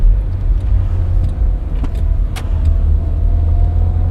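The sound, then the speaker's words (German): A car drives around a block with a loud, continuous low engine rumble and road hum, a faint rising whine and a few brief clicks and rattles over the drone. “Fahr mich mal um den Häuserblock herum.”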